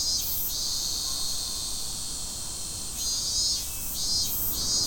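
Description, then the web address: Cicada song as a constant shrill whine, with louder pulsing phrases at the start and again near the end, over a low steady rumble. Recorded in Fukushima, Japan, on 30 July 2015. "fukudai fu cicadda"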